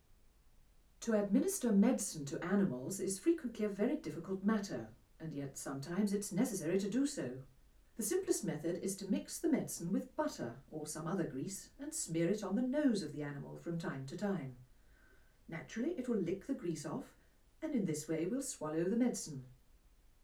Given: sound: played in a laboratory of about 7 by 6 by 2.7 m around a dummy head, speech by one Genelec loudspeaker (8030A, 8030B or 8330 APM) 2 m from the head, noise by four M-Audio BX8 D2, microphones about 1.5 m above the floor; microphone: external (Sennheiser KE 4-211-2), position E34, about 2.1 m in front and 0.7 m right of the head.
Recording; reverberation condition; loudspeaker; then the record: female speech in English; low; 90 degrees to the left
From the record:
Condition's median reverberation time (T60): about 310 ms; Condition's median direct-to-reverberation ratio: about 3.5 dB